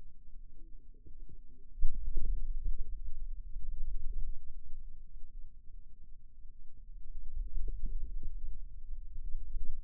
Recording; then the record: forearm muscle sounds (acoustic myography)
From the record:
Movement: radial deviation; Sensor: system 2, bracelet of six BSWA MPA416 microphones around the upper forearm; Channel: 1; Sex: female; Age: 22 years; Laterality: right